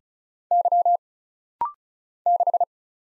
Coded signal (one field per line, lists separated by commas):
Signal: Morse code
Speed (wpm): 35 wpm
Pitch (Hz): 700 Hz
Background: none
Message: Y 6